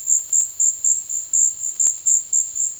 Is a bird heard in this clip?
no